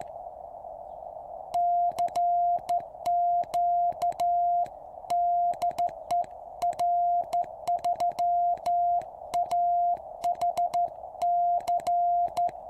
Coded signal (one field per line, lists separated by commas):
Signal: Morse code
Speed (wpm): 13 wpm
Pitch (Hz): 700 Hz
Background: music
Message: CQ DE R3AHC